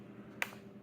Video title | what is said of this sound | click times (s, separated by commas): DELL INSPIRON 17 7773 2 IN 1 LAPTOP SCREEN REPLACEMENT | there that little pop there | 0.4 s